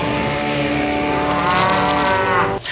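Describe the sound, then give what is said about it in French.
A cow lets out one long, loud moo, a droning low bellow rich in overtones that swells slightly toward the end before stopping abruptly. No voices are heard. “Ici, au Pet Shop, on a tout senti que les êtres humains étaient égaux quand on a vu la vache se séparer en deux.”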